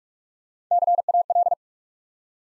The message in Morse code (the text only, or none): CAL